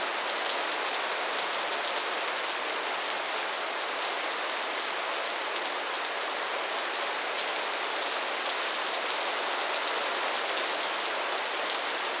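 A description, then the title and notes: Heavy rain falls steadily throughout, a dense, even hiss with little low rumble and a bright, crisp top. Countless drops merge into a constant wash, with faint patters and splashes flickering through but no pauses, swells or other sounds. Rainstorm sounds, sleeping, heavy rain.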